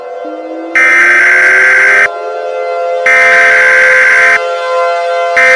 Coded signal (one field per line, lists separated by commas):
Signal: Emergency Alert System (SAME) tones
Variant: header bursts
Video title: The Hottest Day Ever Recorded in History, an EAS Scenario